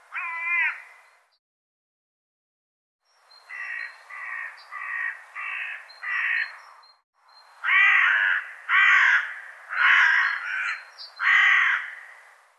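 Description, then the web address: Bird calls: one caw, a pause, then a steady series of hoarse notes and louder harsh caws at about one per second. "cianscape birddata"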